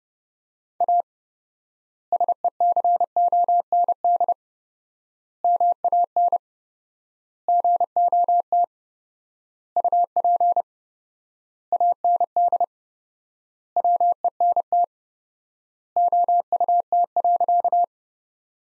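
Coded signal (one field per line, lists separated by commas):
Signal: Morse code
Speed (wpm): 32 wpm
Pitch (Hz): 700 Hz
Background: none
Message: A SECOND MAN GOT UP AND WENT OUT.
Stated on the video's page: Morse practice sentences from the top 300 words at 30 wpm with 4x word spacing, a word-based analogue of Farnsworth spacing.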